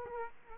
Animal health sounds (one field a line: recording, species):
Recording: mosquito wingbeat signal from an infrared sensor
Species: Aedes aegypti